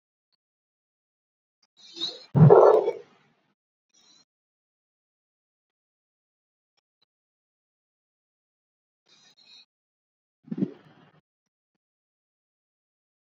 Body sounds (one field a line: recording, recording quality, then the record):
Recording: deep breathing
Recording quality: poor, much background noise or distortion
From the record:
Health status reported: exposed to COVID-19, no respiratory illness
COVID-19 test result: not tested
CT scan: not taken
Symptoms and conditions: none ticked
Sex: male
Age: 24 years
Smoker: no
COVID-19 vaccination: both doses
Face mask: worn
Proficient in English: yes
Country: India